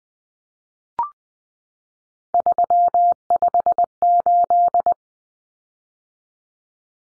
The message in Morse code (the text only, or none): 358